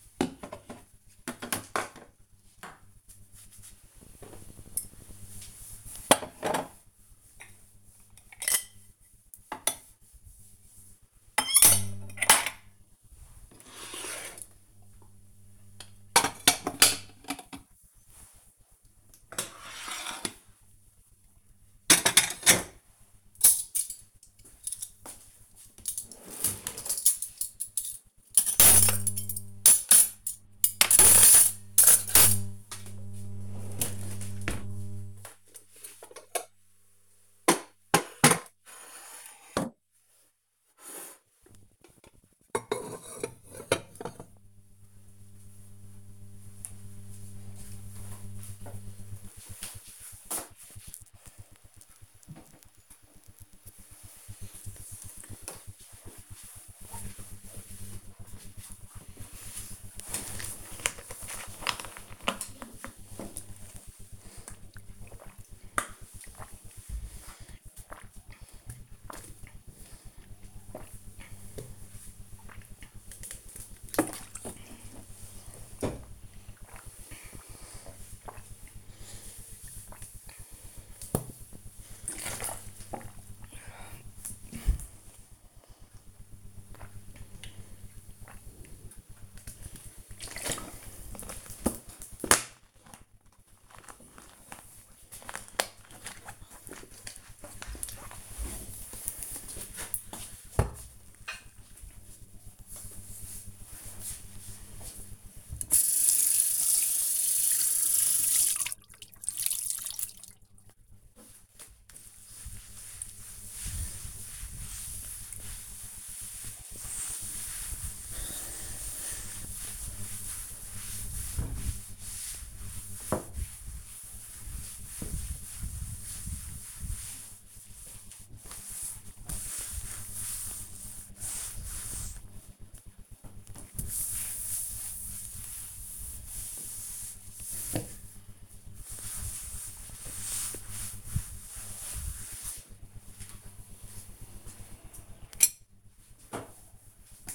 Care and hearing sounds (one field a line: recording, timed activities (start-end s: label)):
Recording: household activities, microphone on the right wrist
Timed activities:
0.00-46.79 s: putting away the dishes
61.88-91.10 s: drinking
102.15-142.42 s: cleaning table